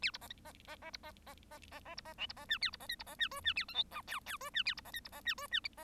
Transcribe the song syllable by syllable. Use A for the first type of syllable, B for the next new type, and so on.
A B C C C C B C C C C C B C D B C E A B C F B C E G E A H I J K K G E A B C F B C E G E